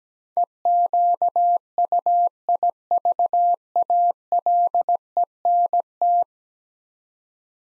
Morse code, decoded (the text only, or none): EQUIVALENT